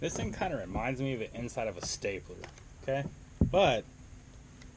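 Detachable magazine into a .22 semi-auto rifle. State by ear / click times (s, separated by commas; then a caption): not seated / none. A detachable .22LR magazine is handled near the magazine well of a .22 semi-auto rifle while someone talks over a low background hum. The magazine has not seated or clicked into the rifle yet by the end of the clip.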